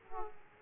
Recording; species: mosquito wingbeat signal from an infrared sensor; Aedes aegypti